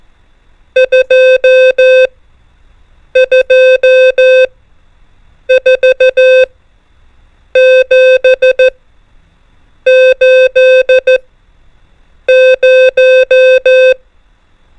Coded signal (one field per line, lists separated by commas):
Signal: Morse code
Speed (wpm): 14 wpm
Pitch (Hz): 520 Hz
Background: music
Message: 2 2 4 7 8 0